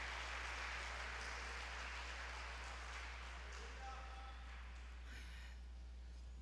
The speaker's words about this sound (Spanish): Denle un aplauso otra vez al Rey de Reyes y Señor de Señores.